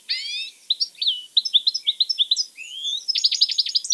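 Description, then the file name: European goldfinch twittering, a rapid string of bright chirps and short slurred notes ending in a fast rippling trill. "Carduelis carduelis"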